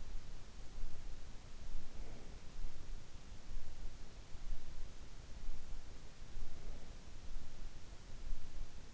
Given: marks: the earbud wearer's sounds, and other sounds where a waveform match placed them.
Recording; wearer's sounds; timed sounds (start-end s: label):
sounds in sleep by an in-ear microphone; breath
1.61-2.55 s: breath
6.30-7.17 s: breath